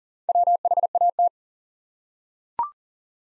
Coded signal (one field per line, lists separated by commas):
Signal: Morse code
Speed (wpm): 40 wpm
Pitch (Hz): 700 Hz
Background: none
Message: WHAT